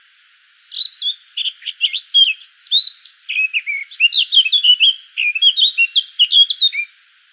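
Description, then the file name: Eurasian blackcap warbling energetically, mixing buzzy chatter with clear whistled notes in a long, varied phrase. "Sylvia atricapilla"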